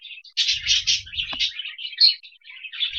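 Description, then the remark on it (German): Birds chirp continuously in a busy, overlapping chorus of high, twittering calls, with a faint low rumble underneath during the first second or so. “Ich finde dieses Vogelgezwitscher irgendwie süß im Hintergrund.”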